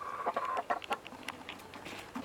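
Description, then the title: Chicken: hen giving rapid, uneven clucks and short squawky notes. Domestic hen. "Kotli the hen"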